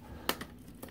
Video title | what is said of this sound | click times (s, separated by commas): WOW! THATS FAST (2006) HOTWHEELS CAR PEN TOY UNBOXING AND REVIEW | it back and they're locked into place now you | 0.3 s